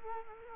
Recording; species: mosquito wingbeat signal from an infrared sensor; Culex quinquefasciatus